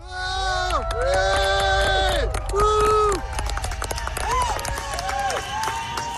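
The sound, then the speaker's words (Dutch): A crowd in Canberra, Australia, welcoming WikiLeaks founder Julian Assange on his landing, claps steadily throughout, with loud excited cheers and drawn-out shouts rising and falling over the dense applause. “Hij is geland in de hoofdstad Canberra, waar hij met applaus werd ontvangen.”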